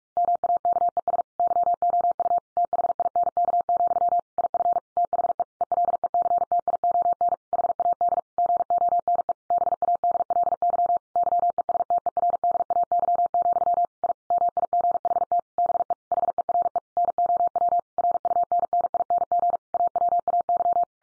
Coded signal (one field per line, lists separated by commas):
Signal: Morse code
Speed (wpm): 46 wpm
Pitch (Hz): 700 Hz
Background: none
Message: MAKES YOU THINK, IF THE ELECTION HAD GONE BADLY YESTERDAY, I MIGHT BE HERE NOW RUNNING AWAY